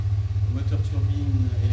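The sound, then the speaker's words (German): A steady, deep electric-motor hum from a submarine drones on without change, while a voice speaks briefly over it. “Bleiben nur noch die elektrischen Motoren.”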